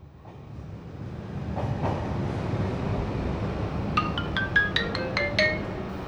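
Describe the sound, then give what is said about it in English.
A steady low rumble of a train at railway platform 3, the 15:55 train to Dartmoor, fills the whole stretch, joined near the end by a quick run of bright, ringing chime-like tones. No one speaks. “The train at platform 3 is the 15:55 train to Dartmoor.”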